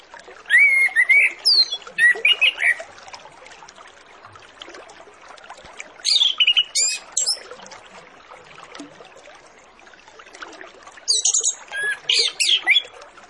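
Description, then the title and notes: Orange-headed Thrush song: three bursts of rich whistled and warbled phrases with rising and falling notes and high squeaky elements, separated by pauses, over a steady hiss. Master lure recording of Orange-headed Thrush full song packed with fill phrases, meant to prompt birds to sing quickly and openly. "Masteran Anis Kembang Full Isian Untuk Suara Pancingan Anis Kembang Agar Cepat Ngeplong. Suara Burung Anis Kembang"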